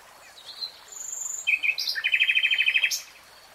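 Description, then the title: Nightingale song: varied whistles sliding between pitches, a couple of rich notes, then a fast steady trill of repeated notes ending abruptly. "[Tiếng chim hót] REALTIME Nightingale Singing"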